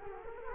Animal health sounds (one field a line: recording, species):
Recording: mosquito wingbeat signal from an infrared sensor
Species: Culex quinquefasciatus